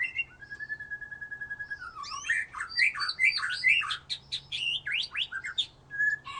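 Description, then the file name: White-rumped shama song opening with a long steady whistle, then a dense burst of rapid chattering, swooping notes and sharp clicks. "murai batu"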